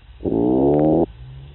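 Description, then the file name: Lusitanian toadfish boatwhistle: one loud, steady, richly harmonic hum lasting about eight tenths of a second. "Amorim C-2008 Halobatrachus-didactylus Boatwhistle"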